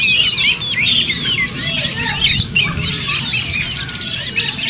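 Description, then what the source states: Bird chorus of high twittering and squeaky calls, with a thin sustained whistle appearing briefly among the chirps. Chirping birdsong recording made for training and tutoring favourite pet birds.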